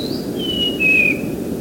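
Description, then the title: Oriental magpie-robin giving one short phrase: a high whistle stepping down into a long level note, against a low steady hiss. Used for training songbirds (masteran). "kacer masteran"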